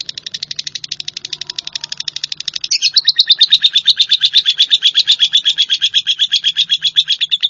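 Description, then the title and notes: Bird trilling in quick, high repeated notes, softer at first, then abruptly louder and slightly lower for the rest of the passage. "Bird Sound. Kicau Burung Lengkap"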